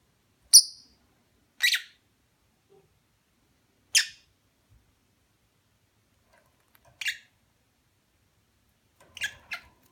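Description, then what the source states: Lovebird giving short, sharp high-pitched squawks, single or paired, spaced one to three seconds apart in an otherwise quiet setting. Mating call.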